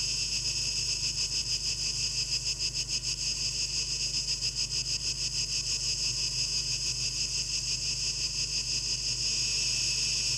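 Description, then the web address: Cicadas droning in a shrill, unbroken chorus with rapid rhythmic throbbing, above a low background hum. Recorded 12 August 2023; tape echo mix. "rauschpartikel Audio 2023-08-12 Zikaden"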